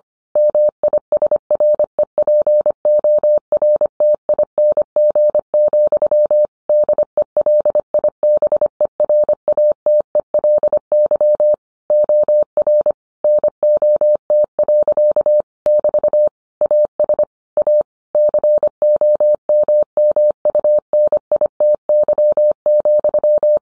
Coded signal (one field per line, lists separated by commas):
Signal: Morse code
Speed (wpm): 25 wpm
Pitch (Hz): 600 Hz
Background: none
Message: MISREPORTING, DELIBERATELY OR NOT. <BT> AS A COMMUNITY,